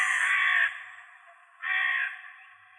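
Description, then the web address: Hooded crow giving two harsh, rasping caws, the first longer, the second following after a short pause. "Corvus corone cornix"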